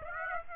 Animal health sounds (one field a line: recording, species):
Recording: mosquito wingbeat signal from an infrared sensor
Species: Aedes aegypti